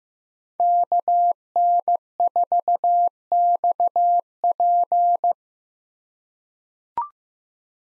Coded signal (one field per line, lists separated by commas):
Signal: Morse code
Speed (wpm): 15 wpm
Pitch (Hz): 700 Hz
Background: none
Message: KN4XP